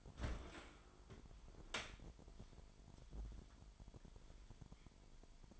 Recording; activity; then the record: daily activity, microphone in the room; open dishwasher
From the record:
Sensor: 5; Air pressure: 998.5 hPa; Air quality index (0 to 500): 80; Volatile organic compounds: 1 ppm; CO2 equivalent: 912 ppm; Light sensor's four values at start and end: 28/65/28/31 and 28/65/27/30